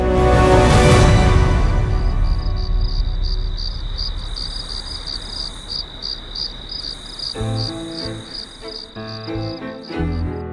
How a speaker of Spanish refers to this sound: Y cuando llegó la noche, abrieron el cajón en el que custodiaban todas las historias y leyendas, y con el canto de los grillos, prosiguieron su viaje.